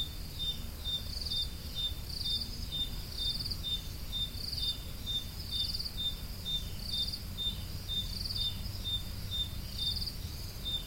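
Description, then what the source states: Cricket chirps, sharp and high, repeat at a steady rhythm of about two per second, joined by a throbbing upper buzz over low background hum. Crickets, more than one, recorded at Roodekopjes.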